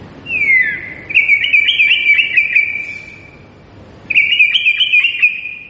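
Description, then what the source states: White-rumped shama song: a falling slurred whistle, then a rapid run of bright trilled and chattering notes, a short pause, and another fast warbling phrase. Lure recording meant to make birds respond; singer described as gacor, lively and singing constantly.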